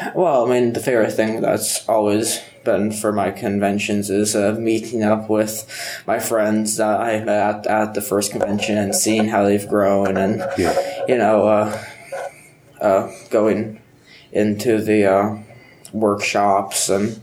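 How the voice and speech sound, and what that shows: A low-pitched 14-year-old boy who has stuttered since about first or second grade speaks in a quiet room at a stuttering convention. His phrasing is mostly fluent but broken by stretched sounds (a held 's', drawn-out vowels mid-word), repeated 'uh' fillers and silent blocks before words. These prolongations and blocks fit stuttering.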